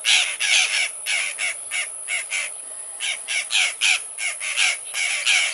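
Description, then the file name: Violaceous jay uttering coarse, scratchy caws in quick irregular bursts, roughly three per second, with a brief lull midway. "Canto do gralha violacea"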